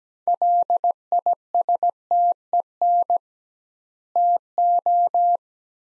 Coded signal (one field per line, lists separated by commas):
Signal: Morse code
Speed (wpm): 17 wpm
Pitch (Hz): 700 Hz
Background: none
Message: LISTEN TO